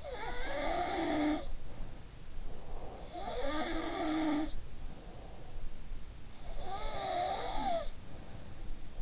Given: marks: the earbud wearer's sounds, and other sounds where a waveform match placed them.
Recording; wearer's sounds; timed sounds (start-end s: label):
sounds in sleep by an in-ear microphone; breath
0.00-2.14 s: sound from someone else or the room
2.46-3.14 s: breath
3.15-5.73 s: sound from someone else or the room
6.51-8.95 s: sound from someone else or the room